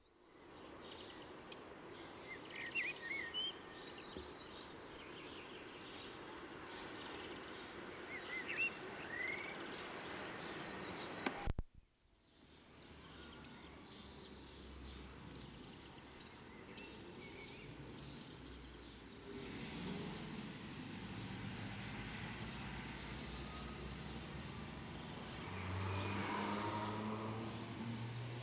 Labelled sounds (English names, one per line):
Black Redstart alarm call